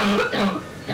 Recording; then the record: coughing mixed with background sound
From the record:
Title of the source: Barking cough - # 10